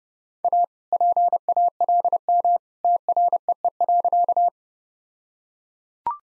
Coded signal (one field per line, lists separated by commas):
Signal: Morse code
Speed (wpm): 32 wpm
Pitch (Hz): 700 Hz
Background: none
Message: A PALM TREE.